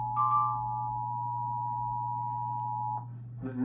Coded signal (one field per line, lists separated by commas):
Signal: Emergency Alert System (SAME) tones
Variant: 853 and 960 Hz attention tone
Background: music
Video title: Eas svr on KGG68 and KUHT 8.1,8.2,8.3,8.4, 8.6 Eas#1158-1163